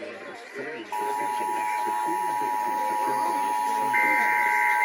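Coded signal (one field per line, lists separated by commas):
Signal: Emergency Alert System (SAME) tones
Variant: 853 and 960 Hz attention tone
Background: speech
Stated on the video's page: Illinois Required Monthly Test relayed on three radio stations, two of them AM.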